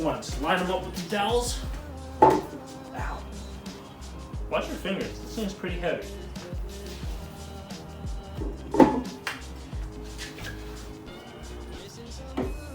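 A heavy 2JZ cylinder head is handled and lined up over the locating dowels of a 1JZ engine block while music plays and someone talks, with sharp knocks around 2.2 s, 8.8 s and 9.3 s. Nothing has seated or clicked onto the dowels yet by the end of the clip.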